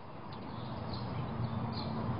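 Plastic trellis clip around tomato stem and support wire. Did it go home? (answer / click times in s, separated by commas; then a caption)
no / none. A plastic tomato-trellis clip is wrapped around a tomato plant stem and its support wire, ready to be snapped closed. A steady, dense low-to-mid rustling noise builds slightly in level, with no sharp transients. Nothing has clicked or snapped shut yet.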